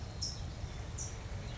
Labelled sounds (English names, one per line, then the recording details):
California Towhee
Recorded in Sonoma County, California